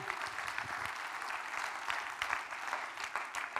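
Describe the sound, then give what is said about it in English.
A church audience claps together at the pastor's urging in a dense, steady burst of applause that holds at a fairly even loudness for several seconds, with no voices standing out. “So you tell your body you're going to clap.”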